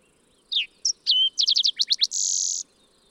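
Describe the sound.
Fox sparrow song of descending whistles and a drawn-out note, followed by a quick series of down-slurred notes and a long buzzy finish.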